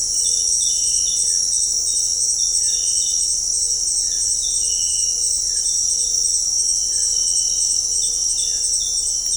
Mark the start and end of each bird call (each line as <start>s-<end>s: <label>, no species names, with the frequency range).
2.58s-2.84s: bird call (1.3-2.5 kHz)
5.39s-5.61s: bird call (0.9-2.9 kHz)